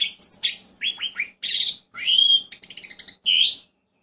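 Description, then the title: Mixed birds chirping, with quick high whistles, downward-sweeping chips and a short buzzy trill in lively succession, ending in a broad buzzy note. "Burung Campur"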